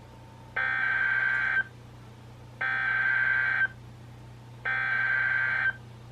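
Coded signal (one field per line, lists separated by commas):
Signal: Emergency Alert System (SAME) tones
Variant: header bursts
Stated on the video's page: Real NOAA Weather Radio alerts from two transmitters, received on a Reecom R1630 with an external antenna; one transmitter's signal sounds poor.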